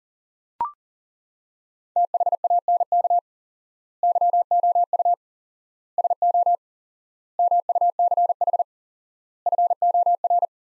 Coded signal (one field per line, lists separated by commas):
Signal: Morse code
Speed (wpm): 40 wpm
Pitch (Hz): 700 Hz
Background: none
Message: THANK YOU SO MUCH FOR